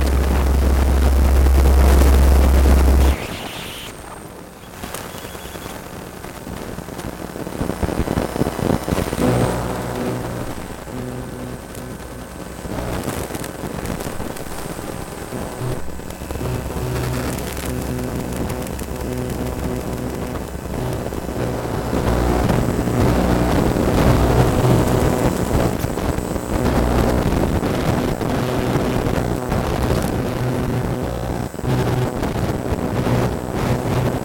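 A transducer picks up the hum and clatter of a laptop keyboard. It opens with three seconds of heavy low rumble, then drops to a dense stream of rapid ticks and clicks over steady low droning tones. The sound slowly grows louder toward the end.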